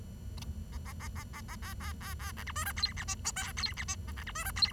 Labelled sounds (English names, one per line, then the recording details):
Bengalese Finch song
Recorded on 23 June 2012 at 09:41
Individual gr41rd51